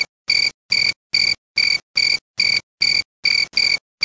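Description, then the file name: Cricket chirping: loud, ringing, bright pulses, each about a quarter second long, repeated steadily about twice a second against silence. "crystal-cricket omkicau"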